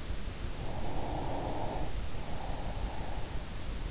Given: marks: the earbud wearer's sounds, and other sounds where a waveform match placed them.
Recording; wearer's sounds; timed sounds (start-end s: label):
sounds in sleep by an in-ear microphone; breath
0.50-3.57 s: breath